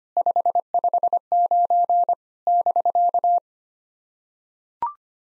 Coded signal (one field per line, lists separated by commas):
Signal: Morse code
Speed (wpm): 25 wpm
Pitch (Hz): 700 Hz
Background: none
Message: 559 <BK>